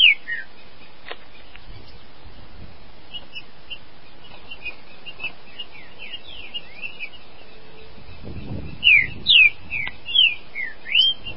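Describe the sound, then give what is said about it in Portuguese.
A Paraguayan green-winged saltator (trinca-ferro), out in the bush, sings a fast song of clear, sliding whistled notes, faint and scattered at first, then a louder, rapid run of bright phrases toward the end. “Canta bem rápido também esse passarinho.”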